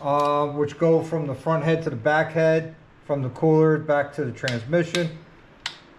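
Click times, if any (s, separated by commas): 5.7 s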